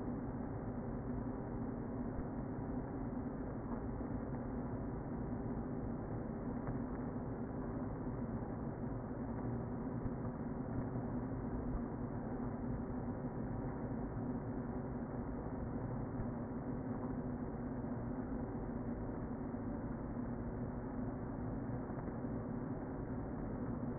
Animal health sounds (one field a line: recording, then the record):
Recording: honeybee colony, microphone inside the hive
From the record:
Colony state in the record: queen present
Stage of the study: before two queens were removed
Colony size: about 60,000 bees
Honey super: yes